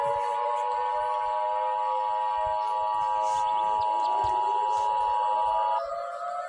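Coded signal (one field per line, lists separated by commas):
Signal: Emergency Alert System (SAME) tones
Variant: 853 and 960 Hz attention tone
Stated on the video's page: Fictional scenario alert, not a real broadcast.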